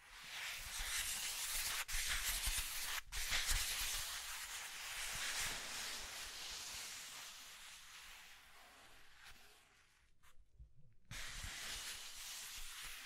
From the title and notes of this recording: ASMR Mind Tingling Scratching and Tracing Sounds (No Talking).